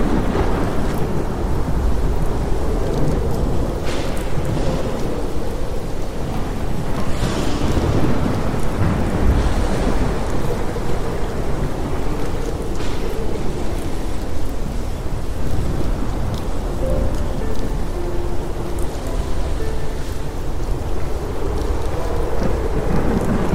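A storm plays at a steady, unbroken level: dense, rushing rain with a heavy low rumble underneath that suggests distant thunder. Brief brighter surges stand out around 4, 7 and 13 seconds, but the overall wash stays thick and constant throughout.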